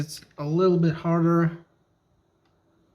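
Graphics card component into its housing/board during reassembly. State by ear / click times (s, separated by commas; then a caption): not seated / none. Someone talks while pressing a component harder into its housing on a dual-GPU GTX 295 graphics card during reassembly. After the talking stops, there is only quiet handling and a faint brief tick near 2.5 s. Nothing has seated or clicked into place yet.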